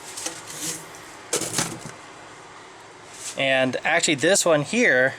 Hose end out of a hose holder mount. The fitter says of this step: so you can see how well that holds in and then when i want to remove my hose it just pops out